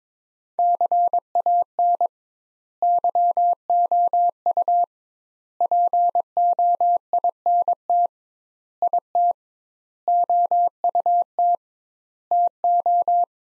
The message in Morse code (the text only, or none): CAN YOU POINT IT OUT TO